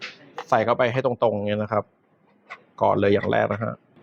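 Someone talks while pushing the burr set (SSF+DLC) straight into the DF64V coffee grinder body through its single alignment hole. In the pause between phrases there is only a faint handling sound. Nothing has seated or clicked into lock yet.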